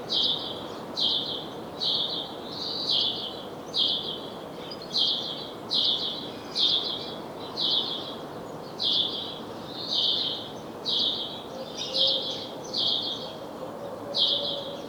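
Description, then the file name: House sparrow chirping steadily, short harsh chirps repeated about once a second throughout, fairly even in pitch, with faint background noise. "Passer domesticus"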